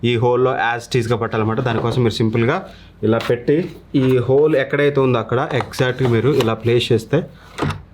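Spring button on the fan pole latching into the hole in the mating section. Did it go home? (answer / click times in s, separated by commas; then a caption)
no / none. Someone talks while lining up the spring button on the pole of a Shark FlexBreeze fan with the matching hole in the mating section after closing it, handling the parts to push the button in. Nothing has seated or clicked yet; the clip ends just before the button latches into its hole and locks.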